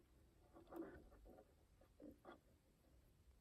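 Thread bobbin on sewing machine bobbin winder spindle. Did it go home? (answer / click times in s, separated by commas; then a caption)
no / none. A thread bobbin is handled on the bobbin winder spindle of a Brother LX3817 sewing machine, being pushed over and turned clockwise. Soft, muffled rustling and scraping bursts are heard, strongest around 0.8 s, 2.0 s and 2.3 s. Nothing has clicked or locked into place yet.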